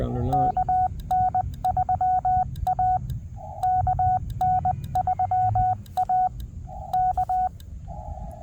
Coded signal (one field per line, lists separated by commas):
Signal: Morse code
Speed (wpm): 20 wpm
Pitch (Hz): 740 Hz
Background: speech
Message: KN3A KN3A K